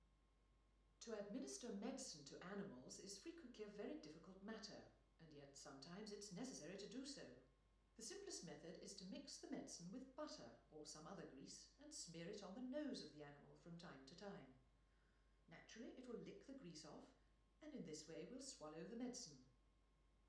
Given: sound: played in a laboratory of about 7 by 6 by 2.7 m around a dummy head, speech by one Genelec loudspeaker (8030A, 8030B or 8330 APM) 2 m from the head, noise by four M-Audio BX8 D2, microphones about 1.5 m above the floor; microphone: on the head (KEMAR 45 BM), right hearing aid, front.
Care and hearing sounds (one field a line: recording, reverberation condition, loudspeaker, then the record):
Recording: female speech in English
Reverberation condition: medium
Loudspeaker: 150 degrees to the right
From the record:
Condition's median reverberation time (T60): about 510 ms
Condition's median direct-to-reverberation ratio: about -0.5 dB